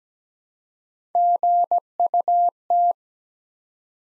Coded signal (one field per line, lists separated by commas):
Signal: Morse code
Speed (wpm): 17 wpm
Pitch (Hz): 700 Hz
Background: none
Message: GUT